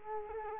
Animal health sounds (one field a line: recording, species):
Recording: mosquito wingbeat signal from an infrared sensor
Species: Culex quinquefasciatus